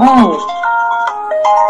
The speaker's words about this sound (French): Oh. Je crois qu'il y a un son chez toi là. Ton téléphone est en train de recevoir des coups de fil.